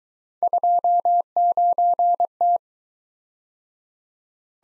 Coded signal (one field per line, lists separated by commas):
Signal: Morse code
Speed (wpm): 23 wpm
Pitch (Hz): 700 Hz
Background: none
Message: 29T